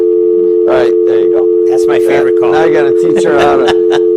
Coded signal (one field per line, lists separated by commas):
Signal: telephone call progress tone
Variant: North America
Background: speech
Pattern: dial tone